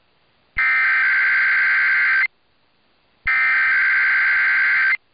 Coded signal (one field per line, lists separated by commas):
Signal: Emergency Alert System (SAME) tones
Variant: header bursts